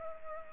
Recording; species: mosquito wingbeat signal from an infrared sensor; Culex pipiens